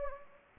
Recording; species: mosquito wingbeat signal from an infrared sensor; Anopheles gambiae